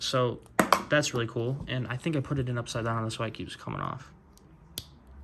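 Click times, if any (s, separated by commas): 4.8 s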